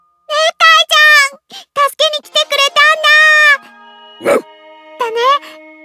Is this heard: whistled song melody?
no